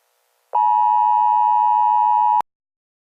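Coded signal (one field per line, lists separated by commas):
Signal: Emergency Alert System (SAME) tones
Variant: 853 and 960 Hz attention tone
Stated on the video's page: Fictional EAS notification made up from a story series, not a real alert.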